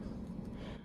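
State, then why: Not seated. The metal blade of a small folding knife on ceramic bearings is being handled toward closing into its handle, which takes a good slap because the blade is too light to drop shut. Only a low, steady hum with soft handling noise is heard over 0.9 seconds, and no sharp transient stands out. Nothing has seated or clicked yet.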